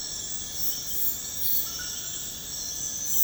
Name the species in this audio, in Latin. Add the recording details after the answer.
none. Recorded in secondary vegetation near Puerto Asís, Putumayo, Colombia, on 21 February 2024 at 00:30. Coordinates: 0.472, -76.331. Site G6371